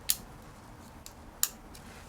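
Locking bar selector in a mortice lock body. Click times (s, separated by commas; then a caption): 0.1 s, 1.4 s. A small key turns the locking bar function selector inside the metal body of a Lockton 23mm mortice lock to change the handle locking configuration. Two sharp clicks at 0.1 s and 1.4 s, with fainter ticks at about 1.1 s and 1.8 s, mark the selector clicking into its detent position. The selector is seated.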